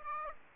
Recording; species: mosquito wingbeat signal from an infrared sensor; Aedes aegypti